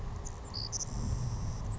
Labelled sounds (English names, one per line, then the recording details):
Savannah Sparrow
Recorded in Sonoma County, California